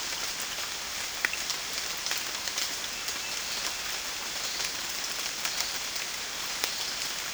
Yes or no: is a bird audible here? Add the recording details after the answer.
no. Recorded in dense forest near Puerto Asís, Putumayo, Colombia, on 12 March 2025 at 08:30. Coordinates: 0.484, -76.317. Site G064